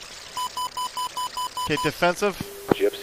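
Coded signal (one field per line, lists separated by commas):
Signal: none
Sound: flight sim warning beeps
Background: speech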